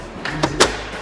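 An internal computer component is lined up with two slots at the back of a computer case and pushed in, giving short clicks at 0.3 s and 0.4 s. A brief broadband burst follows around 0.6 s, and the component ends up seated in the case slots.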